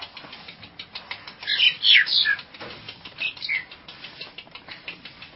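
Nias hill myna uttering several loud, swooping whistles that slide up and down, in two short bursts over a background of faint ticking.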